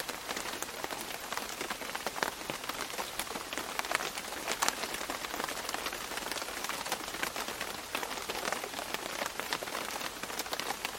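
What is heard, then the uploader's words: Gentle rain patters steadily on a hard surface, a dense, even hiss of countless small drops with brighter individual taps scattered throughout. The level stays constant across the whole stretch, close and crisp, with little low rumble underneath. The tranquil ambiance of gentle rain patter. A serene rain shower.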